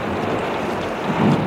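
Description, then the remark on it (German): Rushing water from a natural fountain gushing straight out of the rock pours in a steady, dense hiss over a low rumble, swelling a little toward the end, with no voices. “Was ist das für ein Rauschen?”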